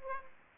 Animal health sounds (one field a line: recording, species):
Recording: mosquito wingbeat signal from an infrared sensor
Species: Aedes aegypti